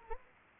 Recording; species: mosquito wingbeat signal from an infrared sensor; Anopheles arabiensis